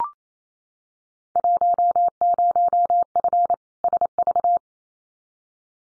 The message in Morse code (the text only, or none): 10F SV